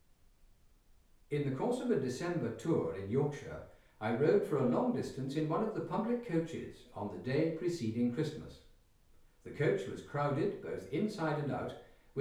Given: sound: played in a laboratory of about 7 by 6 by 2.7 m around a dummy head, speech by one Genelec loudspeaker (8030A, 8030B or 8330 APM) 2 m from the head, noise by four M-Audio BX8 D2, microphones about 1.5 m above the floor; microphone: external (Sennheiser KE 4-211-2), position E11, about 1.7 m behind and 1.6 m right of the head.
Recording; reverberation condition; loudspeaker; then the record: male speech in English; medium; 60 degrees to the left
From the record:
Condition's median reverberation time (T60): about 510 ms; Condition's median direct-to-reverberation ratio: about -0.5 dB